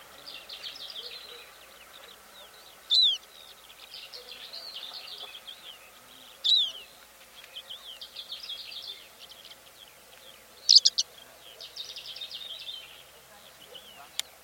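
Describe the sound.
Greater short-toed lark giving a few sharp, brief chirps a few seconds apart over continuous quiet twittering.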